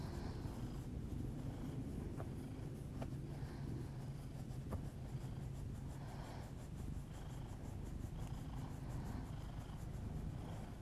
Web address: Miss-Because [A 4 A] Just Purrs [ASMR][Literally just my cat purring and my heavy breathing]